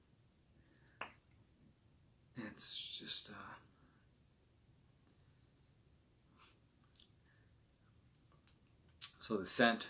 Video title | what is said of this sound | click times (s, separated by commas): Cuir Intense by Guerlain - Review | so they're pretty cool the cap clicks into place it's | 1.0 s